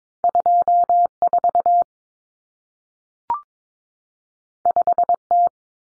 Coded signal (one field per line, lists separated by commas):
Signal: Morse code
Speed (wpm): 22 wpm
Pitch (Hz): 700 Hz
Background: none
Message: 24 5T